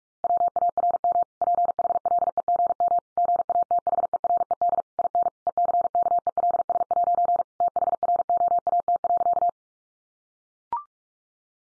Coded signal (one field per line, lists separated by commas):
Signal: Morse code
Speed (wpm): 44 wpm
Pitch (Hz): 700 Hz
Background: none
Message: WARM PHLEGM GATHERED IN ECKELS' THROAT.